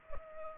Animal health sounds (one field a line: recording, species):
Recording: mosquito wingbeat signal from an infrared sensor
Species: Culex pipiens